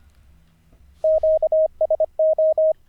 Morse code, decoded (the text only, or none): QSO